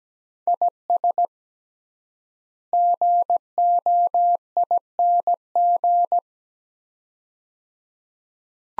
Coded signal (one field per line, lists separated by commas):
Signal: Morse code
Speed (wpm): 17 wpm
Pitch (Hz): 700 Hz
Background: none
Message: IS GOING